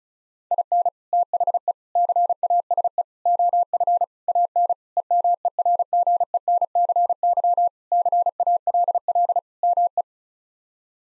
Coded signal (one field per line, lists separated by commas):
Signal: Morse code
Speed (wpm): 36 wpm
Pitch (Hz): 700 Hz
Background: none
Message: IN THE CASE OF AN EMERGENCY CALL ME